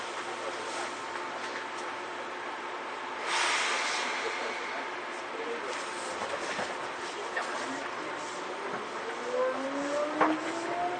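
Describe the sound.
A Seibu old 2000 series train runs between Seibu-Shinjuku and Hon-Kawagoe, giving a steady rumbling hum with a faint voice. A louder rushing swell comes around three to four seconds, and from about eight seconds a rising whine climbs steadily toward the end.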